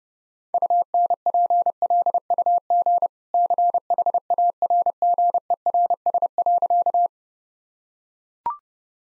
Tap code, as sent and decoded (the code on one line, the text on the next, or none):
none